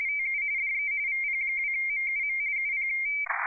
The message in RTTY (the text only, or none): TU DE VP2MUM UP